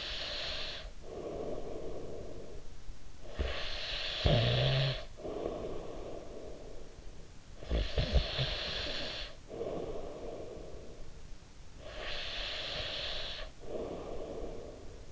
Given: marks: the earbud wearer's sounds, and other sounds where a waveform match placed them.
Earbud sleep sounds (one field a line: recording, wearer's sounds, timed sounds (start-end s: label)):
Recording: sounds in sleep by an in-ear microphone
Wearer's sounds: breath, snoring breath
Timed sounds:
0.00-2.97 s: breath
3.31-11.37 s: snoring breath
11.37-15.12 s: breath